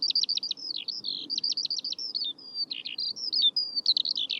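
Eurasian Skylark song in quick bursts of high, clipped notes, some in rapid trilled groups and others drawn out as thin whistles, over a faint low hum.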